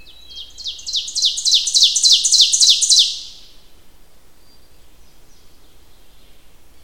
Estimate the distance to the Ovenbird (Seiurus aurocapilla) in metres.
about 5 m